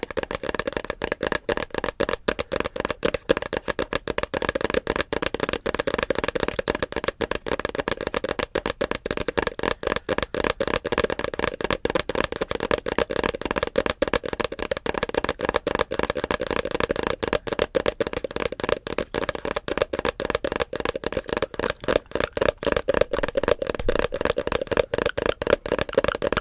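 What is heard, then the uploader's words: Rapid, unbroken tapping on a pillow, soft muffled taps with a steady midrange tone, even throughout. The Little Pillow Tap.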